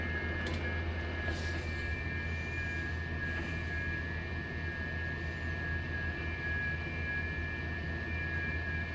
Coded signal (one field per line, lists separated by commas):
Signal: FT8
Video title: Poor mans ft8 ham radio method